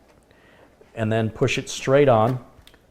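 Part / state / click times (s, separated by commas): expansion card into motherboard slot with retention lever / seated / 2.7 s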